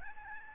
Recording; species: mosquito wingbeat signal from an infrared sensor; Aedes albopictus